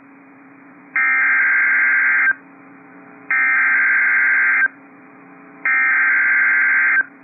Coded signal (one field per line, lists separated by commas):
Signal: Emergency Alert System (SAME) tones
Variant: header bursts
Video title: Illinois Once Again... | EAS Alerts from 10/11/2021 (EAS #775-791)